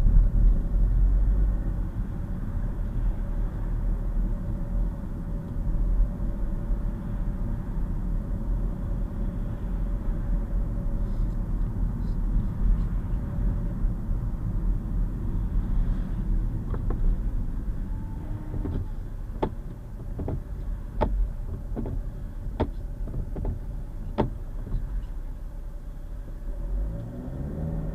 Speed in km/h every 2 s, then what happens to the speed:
35, 39, 40, 40, 42, 40, 40, 35, 15, 10, 10, 8, 5, 18.
0-7 speeds up to 42. 7-12 steady at about 40. 12-23 slows to 5. 23-28 speeds up to 18.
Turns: none.